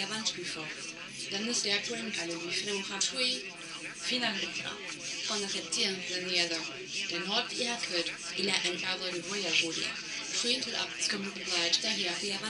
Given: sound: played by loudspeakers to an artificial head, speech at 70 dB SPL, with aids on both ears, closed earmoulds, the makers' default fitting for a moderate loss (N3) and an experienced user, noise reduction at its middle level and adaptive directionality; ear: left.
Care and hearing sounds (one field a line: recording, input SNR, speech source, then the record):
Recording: speech test signal (ISTS) in cocktail-party noise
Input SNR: +6 dB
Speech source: on the right (90 degrees)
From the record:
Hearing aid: class 1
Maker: B